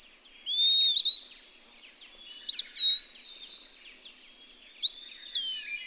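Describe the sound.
A bird sings sweet whistled phrases, each a quick twist followed by a smooth descending glide, roughly every two seconds, with a steady high drone in the background.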